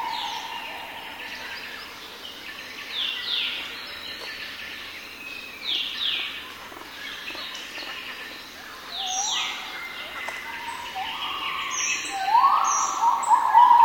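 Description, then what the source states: Gibbon song builds to loud rising whoops near the end, with scattered bird chirps and calls in the background. In a forest.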